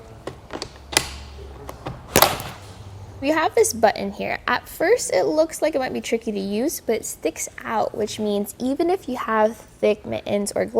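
The clamp arm of an Inno Gravity ski and snowboard carrier on a 2023 Chevrolet Tahoe is pushed further down into a lower locking notch for extra security. Sharp ratchet clicks sound at 1.0 s and 2.2 s as it seats, and then someone talks.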